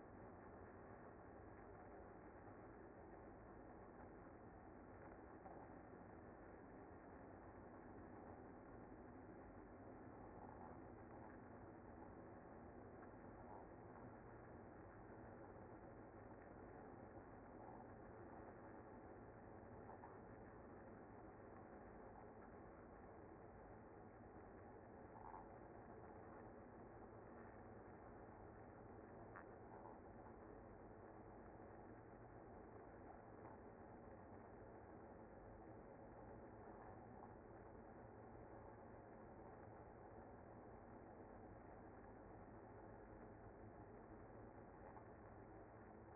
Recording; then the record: honeybee colony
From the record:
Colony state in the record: active